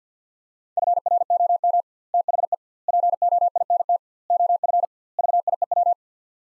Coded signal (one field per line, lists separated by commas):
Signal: Morse code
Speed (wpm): 50 wpm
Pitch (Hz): 700 Hz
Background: none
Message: FROM THE POINT OF VIEW